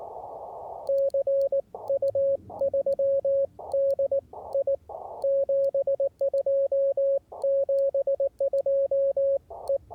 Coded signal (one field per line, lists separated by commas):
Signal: Morse code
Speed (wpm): 19 wpm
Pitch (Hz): 550 Hz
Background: radio noise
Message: CU 3DI 72 72 E